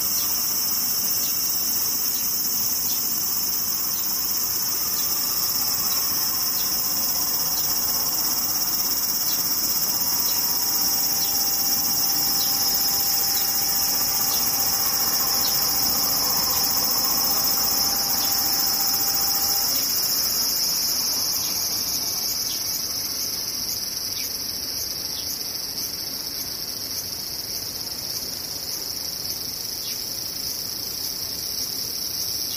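Cicadas drone in a dense, unbroken chorus, a bright high buzz that holds steady from start to finish and eases only slightly in the last ten seconds. Underneath, a faint low rumble persists, and a thin steady tone sounds briefly midway through.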